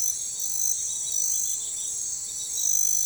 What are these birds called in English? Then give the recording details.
none. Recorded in forest near Pivijay, Magdalena, Colombia, on 15 April 2023 at 02:00. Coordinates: 10.467, -74.380. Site Z5-G034